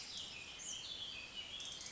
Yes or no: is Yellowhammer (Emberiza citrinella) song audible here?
no